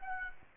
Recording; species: mosquito wingbeat signal from an infrared sensor; Aedes aegypti